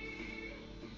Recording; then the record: background sound without coughing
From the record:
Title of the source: BackgroundMusic2